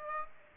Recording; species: mosquito wingbeat signal from an infrared sensor; Aedes aegypti